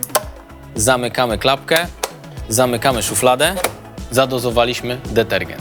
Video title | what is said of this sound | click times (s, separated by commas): Wirtualne warsztaty pralnicze Miele | będzie słychać charakterystyczny klik zamykamy | 0.0 s, 0.1 s